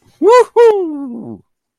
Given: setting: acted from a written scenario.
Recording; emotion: vocal sound without words; pride